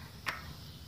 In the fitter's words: you can see now it's locked into place and i can do it only straight